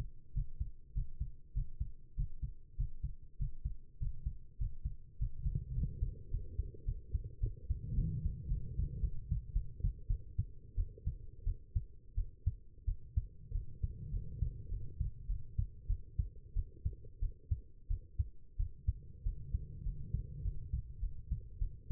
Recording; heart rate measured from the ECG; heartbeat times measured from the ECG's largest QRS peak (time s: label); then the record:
heart sounds by stethoscope; 99 bpm
0.33 s: heartbeat
0.93 s: heartbeat
1.53 s: heartbeat
2.15 s: heartbeat
2.76 s: heartbeat
3.38 s: heartbeat
3.99 s: heartbeat
4.58 s: heartbeat
5.18 s: heartbeat
5.74 s: heartbeat
6.31 s: heartbeat
6.85 s: heartbeat
7.40 s: heartbeat
7.95 s: heartbeat
8.48 s: heartbeat
9.01 s: heartbeat
9.53 s: heartbeat
10.07 s: heartbeat
10.75 s: heartbeat
11.44 s: heartbeat
12.15 s: heartbeat
12.85 s: heartbeat
13.52 s: heartbeat
14.11 s: heartbeat
14.69 s: heartbeat
15.27 s: heartbeat
15.87 s: heartbeat
16.54 s: heartbeat
17.20 s: heartbeat
17.88 s: heartbeat
18.57 s: heartbeat
19.24 s: heartbeat
19.84 s: heartbeat
20.43 s: heartbeat
21.00 s: heartbeat
21.59 s: heartbeat
From the record:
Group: healthy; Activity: breath hold 0-4 s, rest 4-22 s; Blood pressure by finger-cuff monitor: 109/78 mmHg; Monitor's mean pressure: 90 mmHg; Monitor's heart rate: 98 bpm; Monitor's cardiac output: 7.6 L/min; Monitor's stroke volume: 75 mL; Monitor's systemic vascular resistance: 880 dyn s/cm5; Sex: female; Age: 19 years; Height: 163 cm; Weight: 51 kg